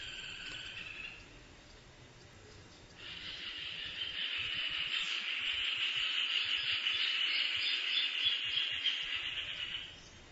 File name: Furnarius rufus